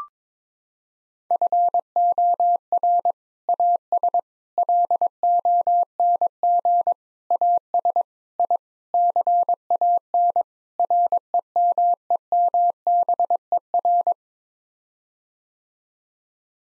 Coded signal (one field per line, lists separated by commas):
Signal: Morse code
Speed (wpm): 22 wpm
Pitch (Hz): 700 Hz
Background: none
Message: FOR AS LONG AS I CAN REMEMBER